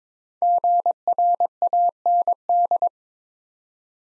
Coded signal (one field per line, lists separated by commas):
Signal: Morse code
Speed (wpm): 22 wpm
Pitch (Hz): 700 Hz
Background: none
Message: GRAND